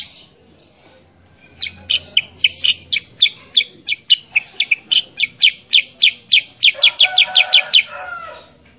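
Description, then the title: Sooty-headed bulbul song: long steady sequence of bright, clipped chirps, speeding slightly toward the end as a fuller warbling sound joins. Master (training) recording of a kutilang sutra in vigorous 'gacor' song, played so that other kept kutilang sutra answer and sing along. "Masteran Kutilang Sutra. Kutilang Sutra mana YANG GAK NYAUT dan IKUT BUNYI GACOR dengan suara Kutilang Sutra Super GACOR Ini"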